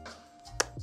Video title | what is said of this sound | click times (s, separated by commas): APPLE NGAPAIN DAH BIKIN BEGINIAN - Powerbank Termahal Yang Pernah Gue Punya 😱 | ada bunyi klik itu | 0.6 s